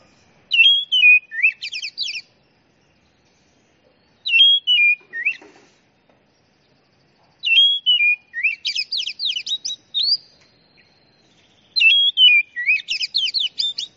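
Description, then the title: Oriental magpie-robin song: a similar whistled phrase, mostly followed by a rapid trill, repeated four times, separated by pauses of about two seconds. Champion bird. "Kicau Burung Kacer Juara"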